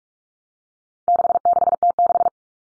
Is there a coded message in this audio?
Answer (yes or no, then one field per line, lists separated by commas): yes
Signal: Morse code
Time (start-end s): 1.1-2.3 s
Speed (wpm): 44 wpm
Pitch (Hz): 700 Hz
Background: none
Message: 66T6